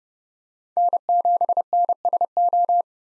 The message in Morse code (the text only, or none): N7NSO